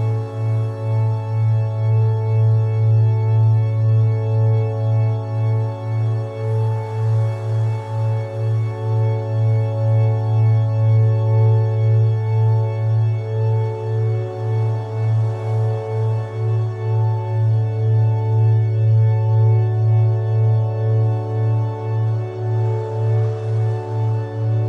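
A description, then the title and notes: A steady, deep drone of binaural beats, with a strong low tone that swells and fades in a quick, even pulse about twice a second. Soft ringing overtones hover above like a singing bowl, and faint airy washes rise briefly around 7, 15 and 22 seconds. Delta Binaural Beats.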